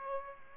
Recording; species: mosquito wingbeat signal from an infrared sensor; Aedes aegypti